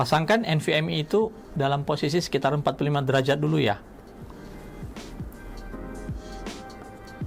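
An M.2 NVMe SSD is being inserted at about 45 degrees into the M.2 slot on a GIGABYTE A520i AC mini-ITX motherboard. Someone talks over music for the first few seconds, then faint handling taps follow at about 4.3, 5.0 and 5.3 seconds. Nothing has seated or clicked yet.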